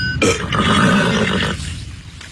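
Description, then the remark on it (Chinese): A horse, Daniel, an English Thoroughbred grandson of Northern Dancer, neighs once, a loud whinny that bursts in sharply and holds for just over a second with a shaky, pitched quality before trailing off into quieter noise. No one speaks. “丹尼尔可是英国纯血马 Northern Dancer 的亲外孙，血统纯正。”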